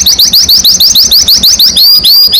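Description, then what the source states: Domestic canary song fragment, a rapid series of high rising chirps, ending in two longer upswept notes. Domestic canary described as gacor, singing constantly; a champion songbird, first place at a competition level.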